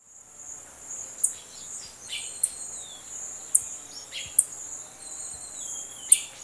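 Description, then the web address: Rufous-throated tanager giving sharp, very high ticking calls spaced irregularly, with thin descending high notes over steady insect hiss. Recorded in Ecuador. "Natures Songs S America Birds of Ecuador Rufous-throated Tanager"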